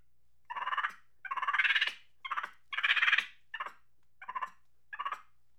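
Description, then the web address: Monkey chatter: a series of rapid, harsh, stuttering bursts, some longer and louder, over a faint low hum. Angry chatter. "Sony Pictures Sound Effects Series Volumes 1-10 Volume 1 Animals Monkey Angry Chatter"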